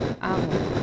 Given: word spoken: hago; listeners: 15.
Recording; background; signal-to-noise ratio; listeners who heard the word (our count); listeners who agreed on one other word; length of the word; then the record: one Spanish word in noise, from a listening test; noise modulated by three-talker babble; -3.6 dB; 4 of 15; 10 of 15; 0.43 s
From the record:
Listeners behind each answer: 10, 4, 1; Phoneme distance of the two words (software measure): 17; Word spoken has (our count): 2 syllables, 3 phonemes, stress on syllable 1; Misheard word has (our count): 2 syllables, 4 phonemes, stress on syllable 1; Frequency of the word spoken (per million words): 36.79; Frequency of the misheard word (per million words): 358.56